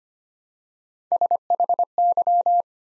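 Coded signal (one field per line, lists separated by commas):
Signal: Morse code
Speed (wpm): 25 wpm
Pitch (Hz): 700 Hz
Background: none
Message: SHY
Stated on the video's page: Morse practice building 3-letter words one letter at a time at 25 wpm, for beginners working on instant character recognition.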